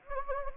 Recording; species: mosquito wingbeat signal from an infrared sensor; Anopheles gambiae